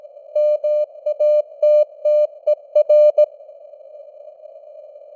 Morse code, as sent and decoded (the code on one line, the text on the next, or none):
-- .- - - . .-.
MATTER